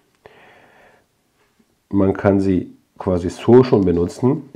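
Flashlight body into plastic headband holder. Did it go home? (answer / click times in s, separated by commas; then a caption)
yes / 0.3 s. An ArmyTek Wizard C2 small LED flashlight is pressed into the plastic holder on a headlamp headband and clips in with a short, sharp click at 0.3 s, followed by a faint hiss. The flashlight is seated in the mount, and someone then talks.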